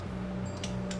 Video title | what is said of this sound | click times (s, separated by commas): Saturday's Wrench Ep.21: Top End Rebuild - Honda CB350 Build | until it clicks and then stop | 0.6 s, 0.9 s